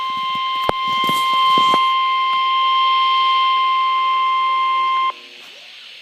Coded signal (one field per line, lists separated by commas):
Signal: Emergency Alert System (SAME) tones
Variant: 1050 Hz attention tone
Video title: Flood Warning EAS#98